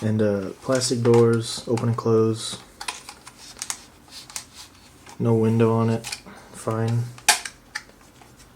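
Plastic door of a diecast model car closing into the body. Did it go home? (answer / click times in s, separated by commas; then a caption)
yes / 7.8 s. A plastic door on a diecast model car with no window is opened and closed while someone talks. Several small clicks and taps sound between about 2.8 and 4.4 seconds. The door snaps shut with a sharp click at 7.8 seconds, seating in its closed position.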